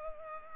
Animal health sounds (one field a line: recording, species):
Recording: mosquito wingbeat signal from an infrared sensor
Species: Culex pipiens